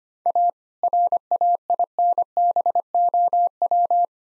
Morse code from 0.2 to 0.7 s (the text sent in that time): A